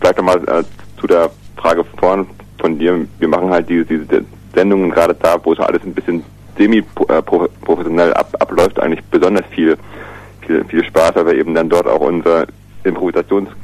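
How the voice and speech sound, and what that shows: An adult man speaks German on a radio show with stuttering disfluencies: repeated words and syllables ("viel, viel, viel", "diese, diese", "pro-pro-"), a drawn-out creaky vowel and tense pauses within otherwise ordinary speech. For him, being on air is an extreme situation and a piece of stuttering therapy in dealing with his fears. A low steady hum runs underneath.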